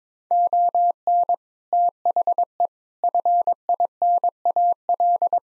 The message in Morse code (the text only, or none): ON THE FINAL